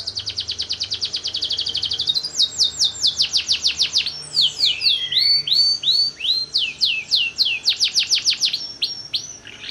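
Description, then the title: Canary song of fast repeated downward-sweeping notes, then varied whistled slurs and chirps, sweeping back into rapid repeated notes; bright, high and continuous throughout. Long-singing canary of the kalitan type, in full song. "Kenari Kalitan Gacor Suara Panjang"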